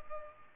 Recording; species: mosquito wingbeat signal from an infrared sensor; Culex pipiens